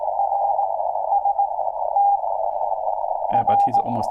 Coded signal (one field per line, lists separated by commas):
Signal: Morse code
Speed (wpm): 18 wpm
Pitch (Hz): 800 Hz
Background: speech, radio noise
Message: R S T R